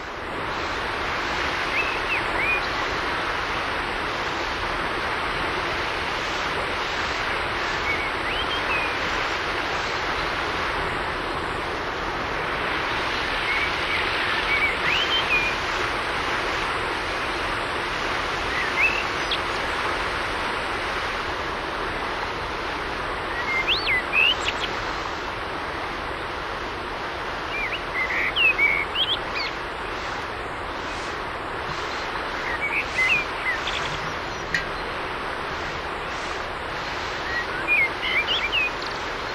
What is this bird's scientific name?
Turdus merula